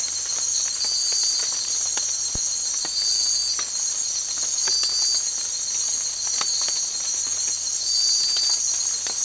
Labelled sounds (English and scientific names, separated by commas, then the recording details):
none
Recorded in secondary vegetation near Puerto Asís, Putumayo, Colombia, on 8 March 2025 at 05:00
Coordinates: 0.499, -76.323
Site G094